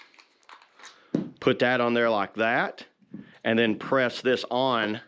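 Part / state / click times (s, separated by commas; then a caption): tablet holder onto tripod ball mount / not seated / none. A plastic phone/tablet holder is being handled and positioned onto the ball-head mount of a floor tripod stand while someone talks. Faint handling taps and rustles come before the speech. The clip ends before the holder is pressed home, so nothing has seated or clicked yet.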